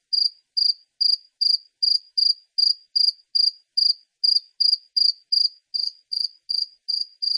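Cricket giving steady high-pitched pulsed chirps, about two or three per second, unbroken for the whole stretch.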